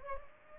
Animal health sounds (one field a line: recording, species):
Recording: mosquito wingbeat signal from an infrared sensor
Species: Culex pipiens